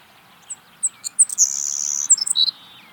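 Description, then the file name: Savannah sparrow song: several thin, very high chips speeding up, then a long insect-like buzzy trill, ending in a few lower buzzy notes. "Passerculus sandwichensis - Savannah Sparrow"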